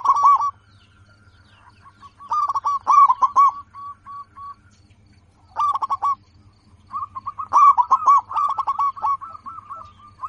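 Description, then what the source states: Zebra dove's staccato cooing song, a few loud rapid bursts followed by a long run of quick even notes, with a low hum throughout. Local zebra dove, a lively, in-form singer with a clear, crystal-like loud voice.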